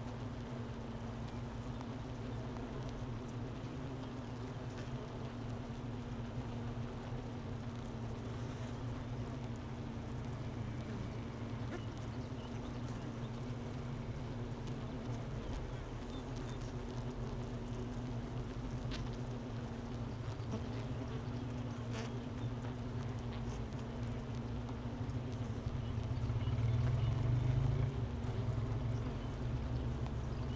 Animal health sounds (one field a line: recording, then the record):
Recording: honeybee colony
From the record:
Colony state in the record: missing queen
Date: 31 May 2018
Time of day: 10:26